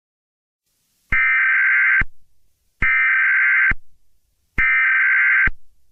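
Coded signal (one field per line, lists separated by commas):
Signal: Emergency Alert System (SAME) tones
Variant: header bursts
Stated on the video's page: Fictional EAS scenario based on a horror game, simulated alert with jumpscares.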